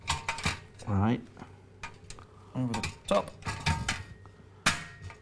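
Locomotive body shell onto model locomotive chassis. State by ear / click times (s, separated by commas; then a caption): seated / 3.7 s, 3.9 s. The superstructure of a live-steam O gauge model locomotive is slid straight down over the chassis and pressed home while someone talks. Sharp clicks at 3.7 s and 3.9 s mark the body popping into place, seated on the chassis.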